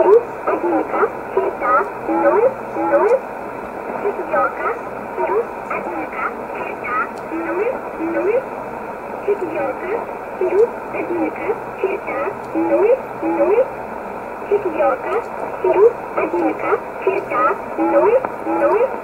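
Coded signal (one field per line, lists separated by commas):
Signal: numbers station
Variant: S11a Cherta, Russian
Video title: 29 06 2020 S11a Cherta Numbers station in Russian 0701 on 9339 unknown tx site in USB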